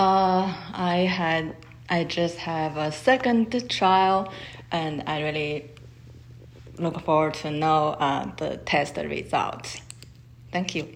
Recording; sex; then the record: free speech after running; female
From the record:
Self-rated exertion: light exertion (2 of 6); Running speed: 7 miles an hour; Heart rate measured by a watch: 71 beats a minute at the start, 74 at the end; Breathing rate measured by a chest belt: 17 breaths a minute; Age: 51 years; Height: 165 cm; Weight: 51 kg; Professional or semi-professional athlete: no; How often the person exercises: 3 to 5 times a week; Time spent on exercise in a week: 3 to 4 hours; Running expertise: no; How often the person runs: 3 to 5 times a week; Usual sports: running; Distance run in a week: 25 miles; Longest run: 50 km